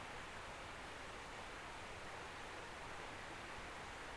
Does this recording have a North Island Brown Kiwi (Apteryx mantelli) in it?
no